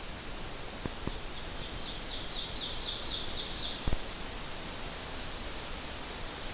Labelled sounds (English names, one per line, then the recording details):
Ovenbird song
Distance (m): 60 m
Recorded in boreal forest in Alberta, Canada, on 12 June 2016 at 06:50
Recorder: SongMeter 3, array SBT-3-18
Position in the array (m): 246 m, 95 m
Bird 31